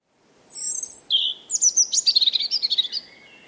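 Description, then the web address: European robin song: a high thin whistle, then a lower sustained note, then a rapid run of sweet, tumbling, descending notes ending in a drawn-out tone. "Deverinetal 2025 File origin Bird Only Er Ru"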